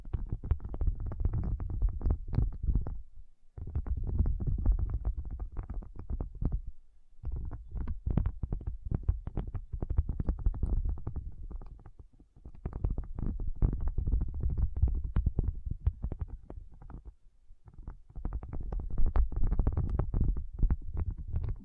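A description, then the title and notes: Rapid, dense tapping comes in bursts of several seconds, separated by short pauses near 3.5, 7, 12 and 17.5 seconds. The taps are mostly low and dull, with a soft, muffled body and little brightness. No voices are heard. ASMR 1 Hour Tapping Session (No Talking).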